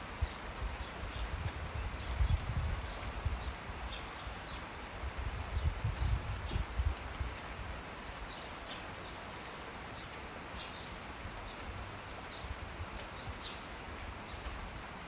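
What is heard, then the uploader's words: Steady rain falls with a dense, even patter filling the whole clip, and scattered sharper drops tick through it. Low rumbling swells arrive around two and six seconds, like thunder, then fade, leaving the rain alone and level to the end. Rainy day. Only rain, thunder and nature sounds...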